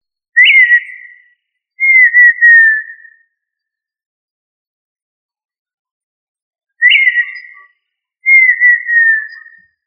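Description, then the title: Tinamou calling with clear whistles: a short note that leaps up and then falls, and then a longer, slowly falling whistle. The pair is repeated once after a pause of about three and a half seconds. "Familia Tinamidae - Quail - Puyuh"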